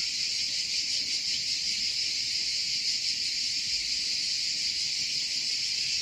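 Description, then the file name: Cicada song, a steady unbroken high buzz that holds at an even level throughout. "CICALE"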